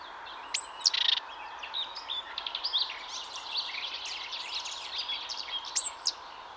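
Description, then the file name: Great tit calls: a high thin note with a harsh buzzy burst, then another near the end, amid a dense chatter of other small birds. "Parus major"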